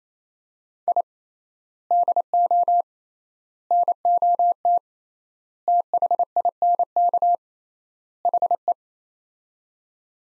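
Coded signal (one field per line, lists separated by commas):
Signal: Morse code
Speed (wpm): 28 wpm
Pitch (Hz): 700 Hz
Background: none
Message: I DO NOT THINK HE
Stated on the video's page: Head-copy practice: sets of five words at 28 wpm with 3x word spacing, a Farnsworth-like method applied to words.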